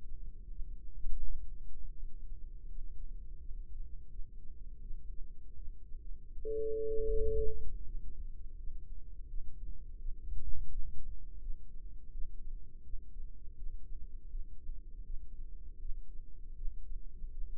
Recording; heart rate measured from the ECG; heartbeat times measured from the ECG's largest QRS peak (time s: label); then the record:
heart sounds by microphone in the left ear; 82 bpm
0.49 s: heartbeat
1.22 s: heartbeat
1.95 s: heartbeat
2.67 s: heartbeat
3.38 s: heartbeat
4.09 s: heartbeat
4.80 s: heartbeat
5.55 s: heartbeat
6.32 s: heartbeat
7.10 s: heartbeat
7.84 s: heartbeat
8.57 s: heartbeat
9.27 s: heartbeat
9.98 s: heartbeat
10.69 s: heartbeat
11.40 s: heartbeat
12.11 s: heartbeat
12.83 s: heartbeat
13.56 s: heartbeat
14.29 s: heartbeat
15.03 s: heartbeat
15.79 s: heartbeat
16.55 s: heartbeat
17.31 s: heartbeat
From the record:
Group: healthy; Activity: rest 0-8 s, breath hold 8-18 s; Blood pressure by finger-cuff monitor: 138/90 mmHg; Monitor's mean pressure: 110 mmHg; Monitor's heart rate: 81 bpm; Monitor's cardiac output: 5 L/min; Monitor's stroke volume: 61 mL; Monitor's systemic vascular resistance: 1640 dyn s/cm5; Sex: female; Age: 51 years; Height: 162 cm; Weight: 70.04 kg